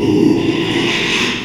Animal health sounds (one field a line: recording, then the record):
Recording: squeal of a Yucatan mini pig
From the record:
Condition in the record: after surgery on the right vocal fold (resection and tissue-engineered implant)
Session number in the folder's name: 1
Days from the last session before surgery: 6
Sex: male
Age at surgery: 12 weeks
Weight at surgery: 13 kg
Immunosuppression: cyclosporine, prednisolone